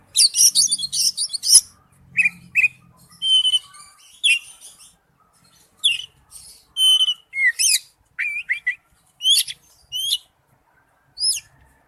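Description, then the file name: Oriental magpie-robin song: bright, high whistles and quick chattering phrases, broken by short silences, with clear rising and falling slurred notes. "Tieng chich choe than"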